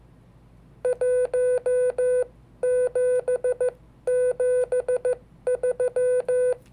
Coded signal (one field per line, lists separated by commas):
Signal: Morse code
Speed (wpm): 15 wpm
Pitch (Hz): 500 Hz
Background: none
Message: 1773